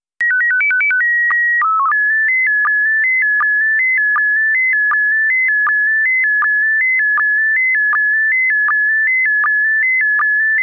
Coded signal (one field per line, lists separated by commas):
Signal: SSTV (slow-scan television)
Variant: PD 180